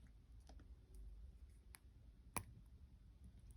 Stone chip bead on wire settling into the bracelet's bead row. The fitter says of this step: Okay, that slipped into place and I heard that click.